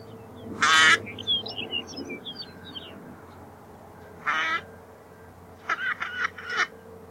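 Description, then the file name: Northern pintail uttering short, hoarse, buzzy calls separated by pauses, ending with a quick broken run of rasping notes; soft high twitters from small birds behind. "Stjartand"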